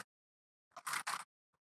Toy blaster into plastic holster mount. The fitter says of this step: you can kind of hear the click where it locks into place and then once it's in there it's